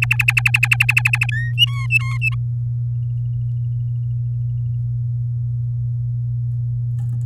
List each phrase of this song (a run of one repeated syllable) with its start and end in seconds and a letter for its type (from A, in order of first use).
0.02-1.26 A, 1.31-1.53 B, 1.58-2.35 C